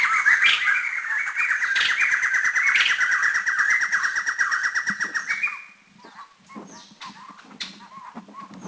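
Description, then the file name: White-necked laughingthrush giving harsh, rapid chattering calls in a dense, steady run for about five seconds, then a few scattered softer notes. Recorded at Doi Lang in northern Thailand in December. "White-necked LTDoi Lang"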